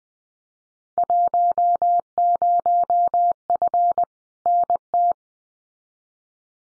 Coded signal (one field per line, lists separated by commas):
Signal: Morse code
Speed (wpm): 20 wpm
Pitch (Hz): 700 Hz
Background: none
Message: 10F NT